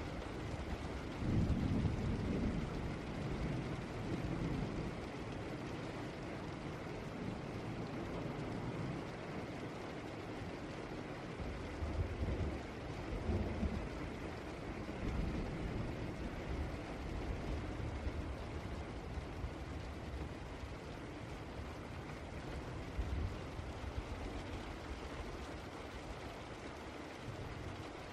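Rain falls as a steady, dense hiss under a heavy low rumble that runs the whole time. The rumble swells in brief surges near 2, 12 to 14 and 23 seconds, while the fine wash of drops above it stays even.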